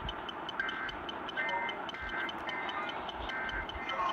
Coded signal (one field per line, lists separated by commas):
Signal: Emergency Alert System (SAME) tones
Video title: FIRST PDS TORR...IN FEBRUARY?! EAS Compilation (2/24/18) (EAS 556-565)